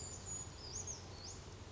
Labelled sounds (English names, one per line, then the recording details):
Brown Creeper
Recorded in Sonoma County, California